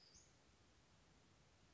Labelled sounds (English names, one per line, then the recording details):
Western Flycatcher
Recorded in Sonoma County, California